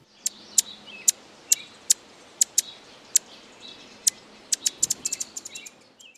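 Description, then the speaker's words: Anna's hummingbird giving sharp, high, thin chip notes, spaced irregularly at first and then coming in a quicker cluster near the end. Played as a mystery sound; among the most common hummingbirds on the Pacific coast, now permanent residents of the Pacific Northwest. "That was the call of the Anna's hummingbird."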